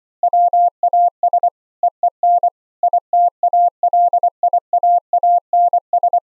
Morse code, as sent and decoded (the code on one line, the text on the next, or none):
.-- .- ... / . . -. / .. - .- .-.. .. .- .- -. ...
WAS EEN ITALIAANS